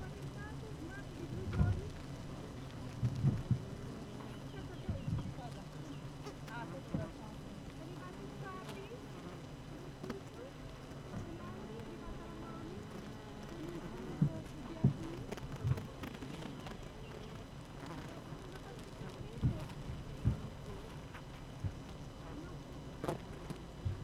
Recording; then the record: honeybee colony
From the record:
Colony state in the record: active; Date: 12 June 2018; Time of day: 8:03